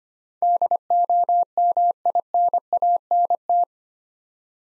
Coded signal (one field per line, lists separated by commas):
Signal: Morse code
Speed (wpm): 25 wpm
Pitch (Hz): 700 Hz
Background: none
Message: DOMINANT